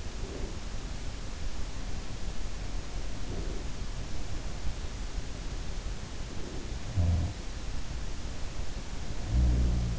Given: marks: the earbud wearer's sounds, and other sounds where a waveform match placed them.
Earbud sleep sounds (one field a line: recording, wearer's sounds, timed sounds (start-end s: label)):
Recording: sounds in sleep by an in-ear microphone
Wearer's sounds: breath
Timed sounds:
0.00-1.42 s: breath
3.03-4.88 s: breath
6.23-7.69 s: sound from someone else or the room
8.85-9.99 s: sound from someone else or the room